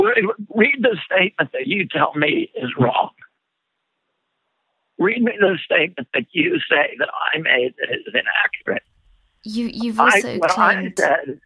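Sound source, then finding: Adult male speaker in interview. Spasmodic dysphonia.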